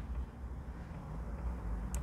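A wire terminal is turned tag-down and slid into the plastic plug housing of a Mitsubishi 3000GT / GTO door mirror connector. Under a low background rumble, a short, sharp click sounds at 1.9 s as the terminal clicks into place and is seated properly in the housing.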